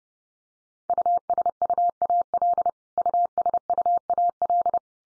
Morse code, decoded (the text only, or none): USUAL USUAL